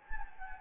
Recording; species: mosquito wingbeat signal from an infrared sensor; Anopheles gambiae